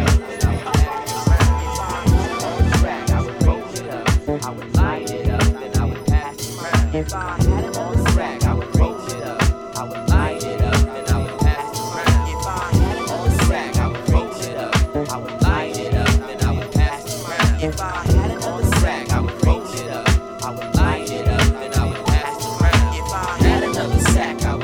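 A steady, driving piece of music with a regular beat of sharp hits and a firm low bass pulse running the whole 25 seconds. Sustained melodic lines and bright chiming notes weave above, with loudness staying even and dense throughout.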